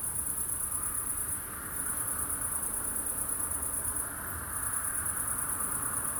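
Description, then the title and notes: Cricket chorus of shrill, sustained trills, pausing twice briefly, with a soft background hum and low rumble. Crickets at night in Aveize, France, with a few cars in the distance; recorded with a DPA-2006c AB pair into a Mixpre-3. "69610 Aveize, France - Grillons - Crickets. Grillons la nuit, quelques voitures dans le lointain. Crickets at night, cars in the distance"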